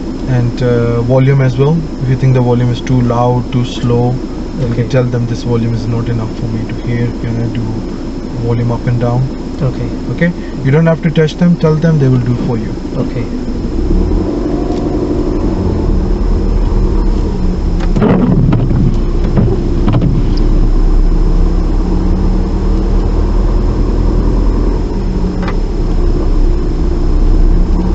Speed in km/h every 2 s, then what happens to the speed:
0, 0, 0, 0, 0, 0, 3, 10, 6, 8, 10, 10, 8, 10.
0-11 standing. 11-14 pulls away to 10. 14-28 steady at about 10.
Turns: none.